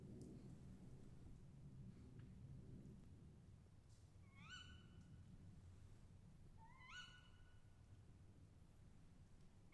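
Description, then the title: Owl calls: two rising, harmonic squealing notes about two and a half seconds apart over a steady low rumble. Owls calling overhead; recorded during professional travels between 2010 and 2012. "Chouettes au dessus de la tete"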